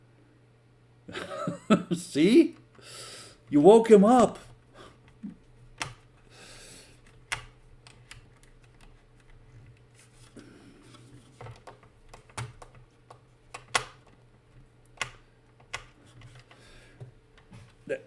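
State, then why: Stripped. Someone talks at the start while a small screw is driven into a plastic X-Wing scale-model kit part with an apex screwdriver bit that is too large for the screw head. The oversized bit keeps camming out of the screw head, giving sharp clicks at 5.8, 7.3, 12.4, 13.8, 15.0 and 15.7 seconds. The screw head ends up stripped.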